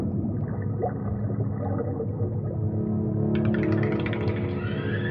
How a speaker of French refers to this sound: Un dauphin. C'est un peu profond. Avec la vitre brisée, je n'arrive pas à voir s'il me fixe. J'ai l'impression qu'il est équipé d'une sorte de combinaison, de harnais.